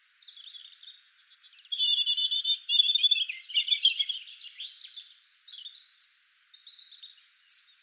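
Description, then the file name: European robin song, high sweet warbling with rapid trills and very high thin whistles, phrases running almost continuously. "Erithacus rubecula"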